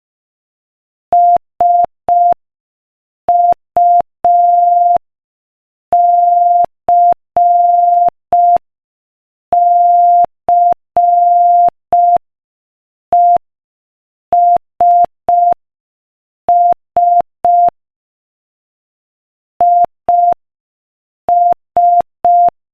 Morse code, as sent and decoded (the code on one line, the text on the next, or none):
... ..- -.-. -.-. . ... ... / .. ...
SUCCESS IS